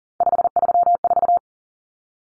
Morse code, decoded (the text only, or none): 534